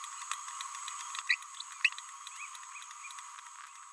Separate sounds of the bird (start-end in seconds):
1.29-1.35